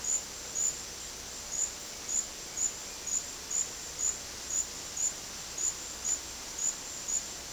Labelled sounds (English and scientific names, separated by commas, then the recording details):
Bright-rumped Attila (Attila spadiceus)
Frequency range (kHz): Bright-rumped Attila (Attila spadiceus) 1.6-2.7 kHz
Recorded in dense forest near Puerto Asís, Putumayo, Colombia, on 21 February 2024 at 12:00
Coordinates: 0.485, -76.325
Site G6429